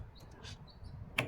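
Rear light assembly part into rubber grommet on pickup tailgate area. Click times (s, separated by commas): 1.2 s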